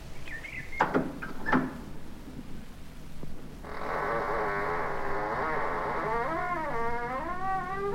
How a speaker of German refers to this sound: Hoffentlich gelingt es mir, die schwere Tür zu öffnen.